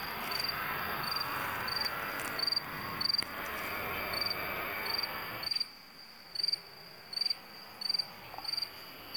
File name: montana cricket